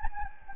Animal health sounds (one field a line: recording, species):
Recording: mosquito wingbeat signal from an infrared sensor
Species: Anopheles gambiae